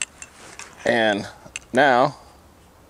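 A flip lever lock on a monopod leg section is flipped open, giving a sharp mechanical snap at 0.0 s and releasing the leg section. Someone then talks.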